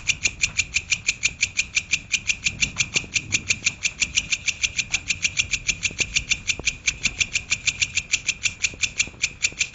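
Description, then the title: Long-tailed shrike song: evenly paced, sharp high notes repeated about three times a second without a break, over faint low background rumble. Song of a champion long-tailed shrike, called cendet in Indonesian. "Kicau Burung Cendet Juara"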